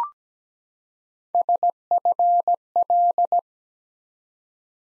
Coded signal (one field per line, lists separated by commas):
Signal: Morse code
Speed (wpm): 17 wpm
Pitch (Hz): 700 Hz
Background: none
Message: SFL